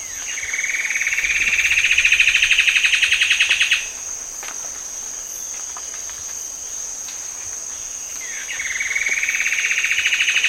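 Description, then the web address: Common paradise kingfisher calling in long, rapid trills that rise in pitch and grow louder; the first stops abruptly and a second begins near the end, with a continuous high buzzing drone throughout. Recorded in Indonesia. "ULM-DS-Lab indonesian-bird-sounds. Tanysiptera galatea"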